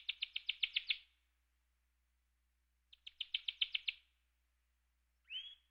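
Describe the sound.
Canary song: two quick bursts of rapid, evenly repeated high notes, a pause between them, then a short rising whistle at the end.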